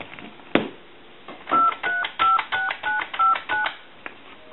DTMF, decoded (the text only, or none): 356959